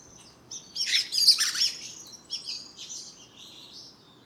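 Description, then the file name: Common blackbird giving high, squeaky twittering notes in a short burst, followed by a few thinner chirps that fade out. "Turdus merula"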